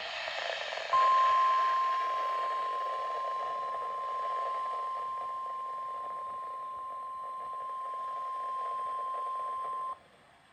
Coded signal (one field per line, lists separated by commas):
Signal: Emergency Alert System (SAME) tones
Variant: 1050 Hz attention tone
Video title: A STORMY START TO MAY!! 2 Severe Thunderstorm Warnings (EAS #22 and #23)